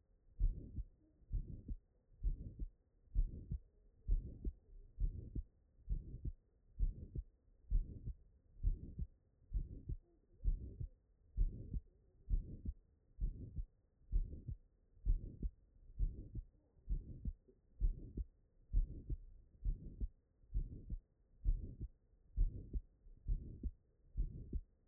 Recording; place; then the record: heart sounds by stethoscope; tricuspid valve (TV)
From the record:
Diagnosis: non-HFrEF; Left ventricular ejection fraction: 63%